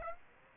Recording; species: mosquito wingbeat signal from an infrared sensor; Aedes aegypti